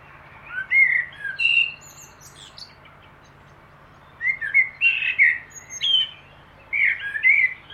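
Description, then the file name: Common blackbird singing: several mellow warbled phrases, with pauses between them. "Turdus merula"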